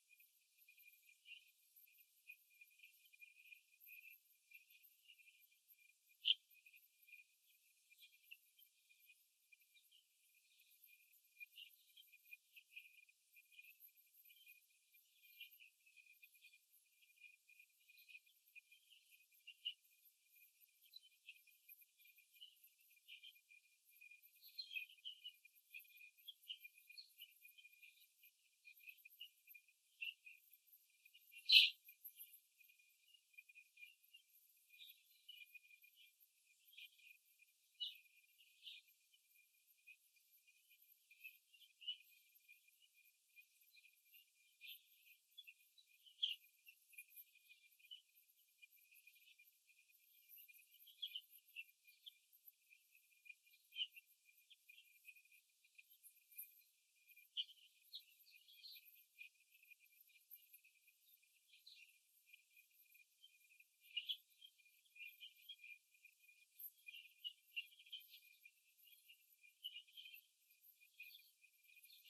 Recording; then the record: young laying hens in a cage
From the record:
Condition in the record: before the stressor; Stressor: simulated dog barking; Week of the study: 2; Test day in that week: 3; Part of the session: 1